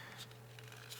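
A 70mai M500 dashcam body is slid into its plastic windshield mount cradle and pushed in until it clicks into place, secure and solidly seated. Faint scraping and small ticks around 0.3, 0.6 and 0.7 seconds sit over a steady low hum, followed by the sharper click at 0.9 seconds.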